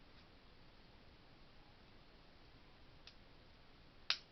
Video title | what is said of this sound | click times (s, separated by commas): Build the Back to the Future Delorean Issue #02 | goes and snaps right in okay | 4.1 s